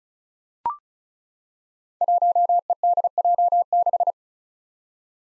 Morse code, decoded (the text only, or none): 1EDJ6